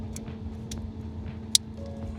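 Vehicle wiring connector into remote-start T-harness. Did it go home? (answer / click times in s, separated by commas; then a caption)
yes / 1.6 s. A 2011–2015 Kia Optima's original wiring connector is pushed into a MyKey Premium remote-start T-harness connector over a low steady hum with faint ticks. One sharp click at 1.6 s shows the connector is seated all the way in.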